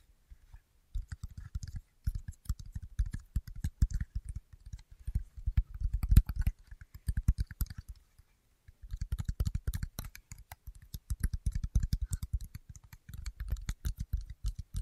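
Rapid tapping runs in dense, uneven bursts, each tap a short dull knock with a light clicky edge, much like fingers drumming on a keyboard. The tapping pauses briefly near the start and again around the eighth second, then resumes just as busily.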